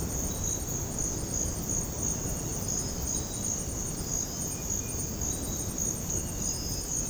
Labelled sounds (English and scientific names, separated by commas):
none